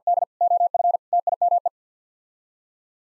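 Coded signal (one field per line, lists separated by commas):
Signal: Morse code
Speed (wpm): 50 wpm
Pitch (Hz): 700 Hz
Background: none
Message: D OF TIME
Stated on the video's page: Head-copy practice: sets of six-word common phrases sent in Morse at 50 wpm, each sent, spoken, then sent again.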